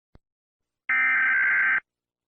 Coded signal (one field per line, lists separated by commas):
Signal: Emergency Alert System (SAME) tones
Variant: header bursts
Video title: Eas Secnario: Gacha Invasion